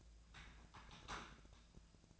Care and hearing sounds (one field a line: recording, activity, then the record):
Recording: daily activity, microphone in the room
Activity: typing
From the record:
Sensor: 2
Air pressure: 1000.0 hPa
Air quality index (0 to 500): 129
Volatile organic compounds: 2 ppm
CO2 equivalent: 1105 ppm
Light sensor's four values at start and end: 25/62/26/29 and 25/62/26/29